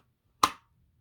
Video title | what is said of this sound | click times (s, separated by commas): After the range talk with the Glock 27 Gen 5 | it still clicks right in there and it's in there like it's snug | 0.4 s